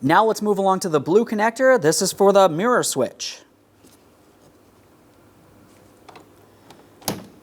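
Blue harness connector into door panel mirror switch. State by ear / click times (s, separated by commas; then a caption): seated / 7.1 s. Someone talks, then a blue plastic harness connector is pushed into the mirror switch on the door panel of a 2011–2026 Mitsubishi Outlander, with the panel upside down during front window regulator replacement. A few faint ticks come first, then a sharp click at 7.1 s as the connector seats securely.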